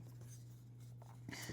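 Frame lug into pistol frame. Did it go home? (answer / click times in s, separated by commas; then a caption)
no / none. A frame lug, drilled all the way through, is taken out of its package and lined up in position in a pistol frame for a Left Handed Dominator Thumbrest MKIV before being pushed down. Only faint handling sounds are heard over a steady low hum, with small bumps around 1.0 and 1.3 seconds. Nothing has seated or clicked yet.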